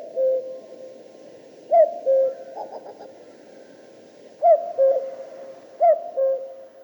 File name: Cuculus canorus